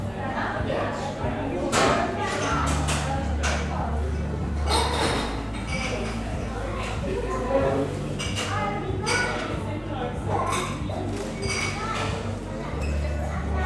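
Steady chatter fills a bustling seaside coffee shop, with frequent cup clinks and clatters and a low machine hum that comes and goes.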